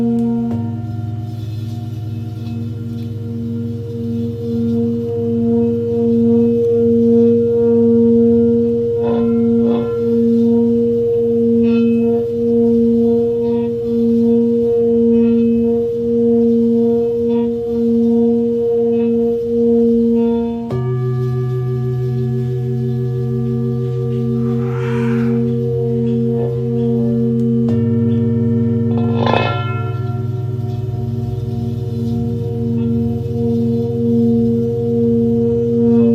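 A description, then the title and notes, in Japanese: Singing bowls ring in long, steady overlapping tones, a warm low hum beneath clear sustained pitches that slowly pulse and beat. Around 21 seconds the blend shifts to a new set of tones, and soft strikes near 10, 25 and 29 seconds brighten the sound briefly. メキシコから シンギングボウルのサウンドヒーリング ライブ。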